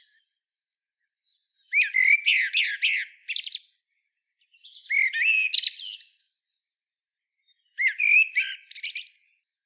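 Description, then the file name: Common blackbird song: three full phrases after the tail of another, each opening with a fluted warble and ending in a squeaky, high twitter, with short silences between them. "Turdus merula"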